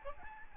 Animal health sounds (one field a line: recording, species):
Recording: mosquito wingbeat signal from an infrared sensor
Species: Aedes albopictus